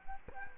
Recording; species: mosquito wingbeat signal from an infrared sensor; Culex quinquefasciatus